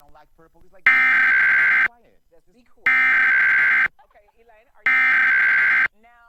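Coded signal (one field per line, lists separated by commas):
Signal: Emergency Alert System (SAME) tones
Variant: header bursts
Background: speech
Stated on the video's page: National EAS test as aired by Minneapolis/St. Paul radio and TV stations.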